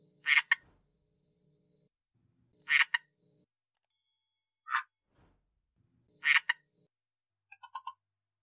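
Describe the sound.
Red-eyed tree frog calling with short, harsh chacks, mostly doubled, given irregularly every one and a half to two and a half seconds, plus a faint quick run of soft clicks near the end.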